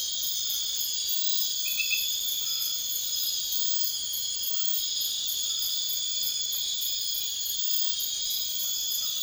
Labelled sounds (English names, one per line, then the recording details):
none
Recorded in dense forest near Puerto Asís, Putumayo, Colombia, on 13 March 2025 at 01:00
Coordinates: 0.500, -76.322
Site GP06